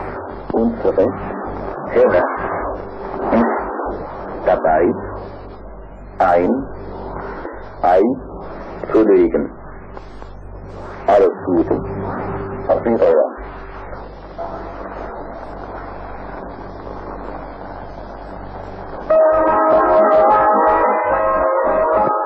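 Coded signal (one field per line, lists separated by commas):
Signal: numbers station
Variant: G01, German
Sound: a voice reading short words at fairly even intervals over radio noise, then a buzzy tonal stretch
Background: radio static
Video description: Betrieben vom franzackischen Geheimdienst. Selber Sprecher wie bei G20 ("Achtung, Spruch geht:")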